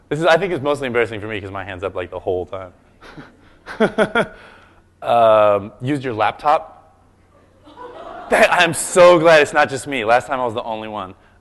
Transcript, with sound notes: I think it’s mostly embarrassing for me because because my hand’s up like the whole time.
Used your laptop?
[laughter]
I’m so glad it’s not just me, last time I was the only one.